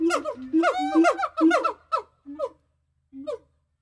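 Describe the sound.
Gibbon hoots in a quick rhythmic run, then trailing off into a few spaced single notes.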